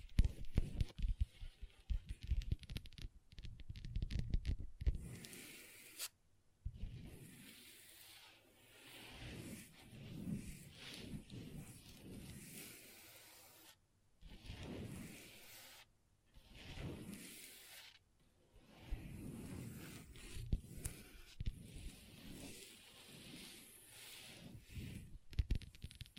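Long nails tap and scratch on a table with no talking. The first five seconds hold a dense run of quick, crisp taps, then slower scraping strokes follow in rubbing waves, broken by short silences around six, fourteen and sixteen seconds.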